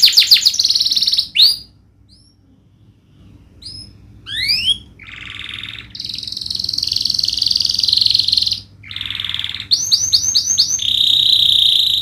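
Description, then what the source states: Canary song in bursts: quick trills, a pause, upward-sweeping whistles, then long buzzy rattling trills separated by short gaps. Canary singing gacor, with cengkok phrasing and isian song fills; kicaumania songbird hobby.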